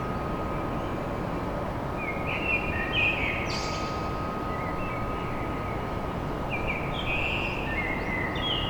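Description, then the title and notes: Common blackbird singing short fluty phrases with brief high squeaks, partly masked by strong continuous low noise and a constant hum. Song recorded at dawn in Paris. "Blackbird Poetry At Paris On. Enregistrement d'un chant de merle à l'aube dans Paris"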